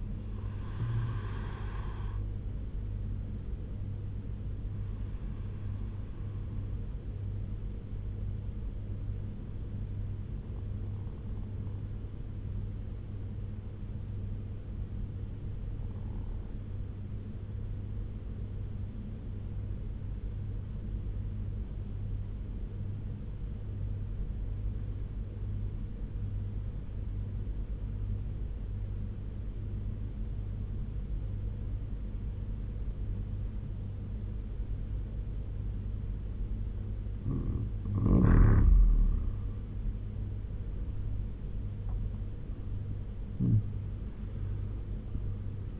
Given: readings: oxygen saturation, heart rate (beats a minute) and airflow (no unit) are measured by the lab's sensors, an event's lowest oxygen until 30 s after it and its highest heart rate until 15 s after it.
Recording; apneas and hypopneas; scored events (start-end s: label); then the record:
breathing in sleep by a smartphone at the bedside; 1
3.00-33.00 s: new sleep stage, N2 (light sleep)
6.00-38.20 s: obstructive apnea (N2, oxygen 96% highest, then 85% lowest, heart rate 75 at the start, 88 highest)
33.00-45.79 s: new sleep stage, N1 (lightest sleep)
From the record:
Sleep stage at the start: N1 (lightest sleep); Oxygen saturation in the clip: 86 to 96%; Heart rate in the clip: 66 to 88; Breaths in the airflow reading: 3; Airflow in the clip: -10.5 to 11.0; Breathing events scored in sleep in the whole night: 201 in 6.5 hours asleep